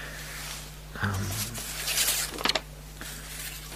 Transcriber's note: shuffles papers